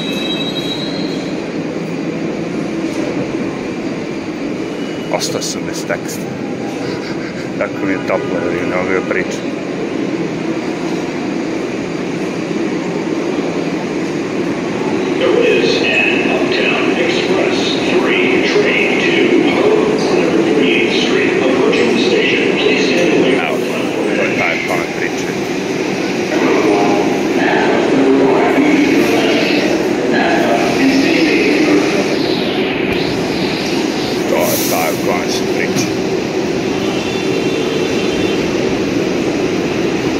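Grand Central Terminal and the subway: a steady, dense rumble of crowd murmur and train noise fills the clip. Around fifteen seconds it grows louder and busier, with overlapping voices and scattered clanks and squeals standing out above the low roar.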